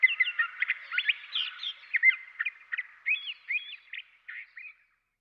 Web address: Dan Gibson Wildlife Identification By Sound, Western North America Curve-Billed Thrasher